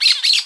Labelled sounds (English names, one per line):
Brown-throated Parakeet contact call